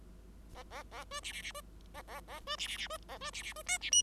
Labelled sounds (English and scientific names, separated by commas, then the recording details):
Bengalese Finch (Lonchura striata domestica) song
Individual Bird5